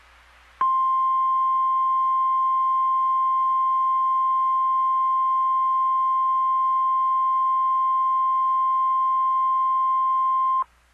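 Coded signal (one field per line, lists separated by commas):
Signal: Emergency Alert System (SAME) tones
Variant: 1050 Hz attention tone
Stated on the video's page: Flash flood watch from the Columbus, Ohio weather radio station.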